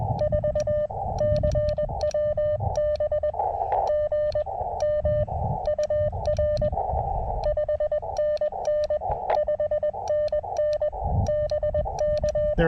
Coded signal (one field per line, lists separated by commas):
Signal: Morse code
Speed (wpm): 19 wpm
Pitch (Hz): 600 Hz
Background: radio noise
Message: 4 CWB GM UR 5NN 5NN BK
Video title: A little unplanned CW POTA at K-2099